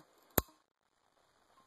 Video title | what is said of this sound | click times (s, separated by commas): How To: Replace Fork Seals - 03-04 Kawasaki Ninja ZX-6R 636 2003 2004 B1 B2 | it just snaps right in real easy and we're going to put the two uh tubes back together | 0.4 s